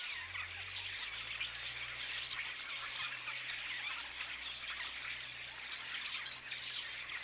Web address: paivat 22 8 2026 ilmeisesti tassa nuoret kottaraiset laulavat kuorossa